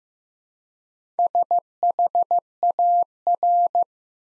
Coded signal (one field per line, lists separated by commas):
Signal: Morse code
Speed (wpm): 15 wpm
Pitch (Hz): 700 Hz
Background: none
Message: SHAR